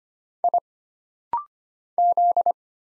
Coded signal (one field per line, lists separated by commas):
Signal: Morse code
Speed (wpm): 25 wpm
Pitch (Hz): 700 Hz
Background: none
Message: I Z